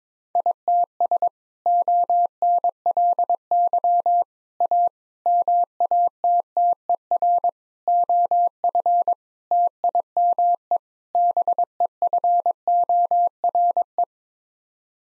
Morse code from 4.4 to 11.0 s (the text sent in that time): A MATTER OF TIME